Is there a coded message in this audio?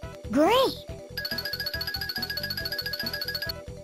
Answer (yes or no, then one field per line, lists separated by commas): no